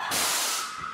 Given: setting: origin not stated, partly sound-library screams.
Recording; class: one-second piece from a danger detection set; woman in danger